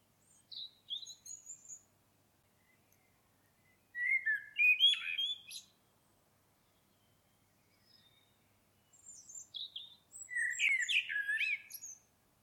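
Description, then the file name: Common blackbird song: high squeaky notes, then a warbled phrase and a longer twittering, chattering passage, separated by quiet gaps. "Turdus merula"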